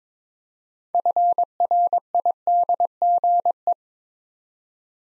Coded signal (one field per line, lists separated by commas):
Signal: Morse code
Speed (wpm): 22 wpm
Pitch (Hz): 700 Hz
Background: none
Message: FRIDGE